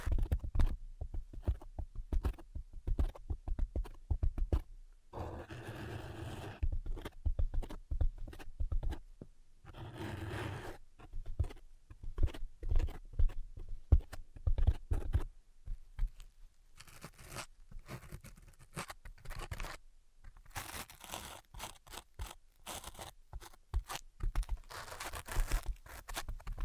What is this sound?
Invisible Tapping and Scratching